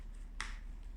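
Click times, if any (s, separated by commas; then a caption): 0.4 s. A part with a black side is pushed into the inside of a flexible TPU 3D-printed face mask that holds 70 mm respirator cartridges. A single sharp, bright snap is heard at 0.4 s over a quiet low hum, and the insert snaps into place.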